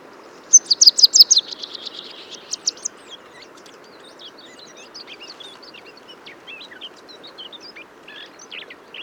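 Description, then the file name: Eurasian blackcap: a loud, quick series of ringing whistled notes opens, then fades into soft, scattered chirps and twittering. "Sylvia atricapilla"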